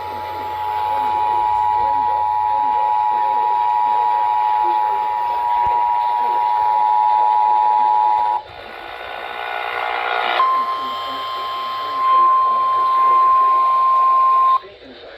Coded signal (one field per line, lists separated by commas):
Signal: Emergency Alert System (SAME) tones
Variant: 853 and 960 Hz attention tone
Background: speech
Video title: Powerhouse 42 Knockout. | EAS Alerts from 4/19/25 | EAS#1,943-1,968